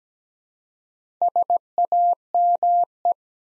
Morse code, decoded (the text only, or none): SAME